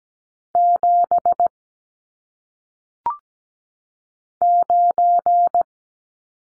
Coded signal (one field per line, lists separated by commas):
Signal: Morse code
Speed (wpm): 17 wpm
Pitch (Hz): 700 Hz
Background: none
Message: 7 9